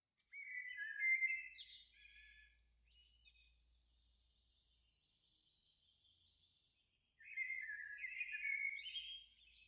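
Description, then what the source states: Glossy blackbird sings two bursts of rich, warbled and slurred whistled phrases separated by a long pause filled with faint high hissing notes and low rumble. Sung at nautical dawn.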